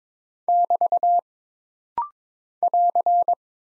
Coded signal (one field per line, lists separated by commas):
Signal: Morse code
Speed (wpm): 22 wpm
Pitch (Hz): 700 Hz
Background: none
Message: <BT> <AR>